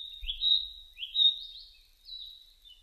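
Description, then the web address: Narcissus flycatcher song fragment of three slurred whistled notes, rising and falling, with a brief faint low rumble near the start. Recorded 30 April 2005. "2005 050430 kibitaki"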